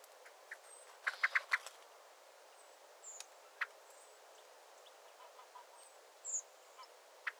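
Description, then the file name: Common blackbird uttering a rapid cluster of sharp clicking notes, followed by scattered single clicks amid soft high-pitched calls of other birds. "Turdus merula"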